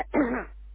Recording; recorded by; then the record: voluntary cough; telephone call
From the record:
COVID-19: positive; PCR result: self-reported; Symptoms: yes